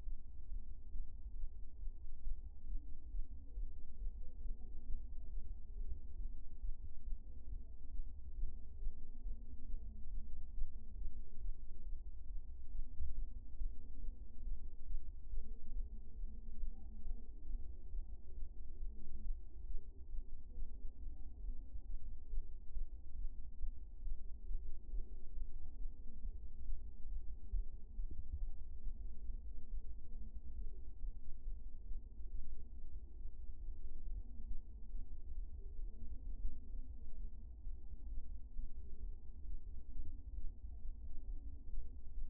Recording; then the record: fetal heart sounds by stethoscope on the mother's abdomen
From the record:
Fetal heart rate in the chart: 132 bpm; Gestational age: 34 weeks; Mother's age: 22 years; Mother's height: 150 cm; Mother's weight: 62 kg